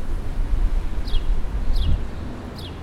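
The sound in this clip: Bird giving three quick, high descending chirps under strong rumbling background noise.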